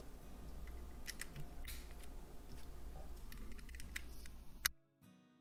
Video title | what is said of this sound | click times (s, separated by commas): LEGO WALL-E (43279) - Full Build & Chatting | Got to hear that nice snap. | 4.7 s